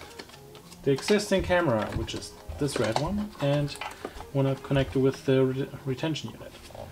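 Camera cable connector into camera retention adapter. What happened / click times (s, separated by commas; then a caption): Connector handled but not yet seated; no click heard / none. During a 9-inch Android car radio install in a 2018–2021 Jeep Wrangler/Gladiator, the existing red camera cable connector is handled and brought toward the camera retention adapter unit while someone talks. Two brief faint ticks sound near 0.2 s and 0.6 s, but the connector has not seated or clicked in by the end of the clip.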